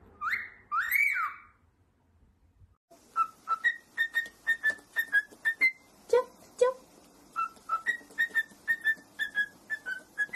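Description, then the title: Cockatiel whistling: two harsh rising calls, a pause, then a long run of short clear whistled notes, mostly level, about two per second. Several cockatiels singing with whistles. "Calopsitas Cantando Assobio"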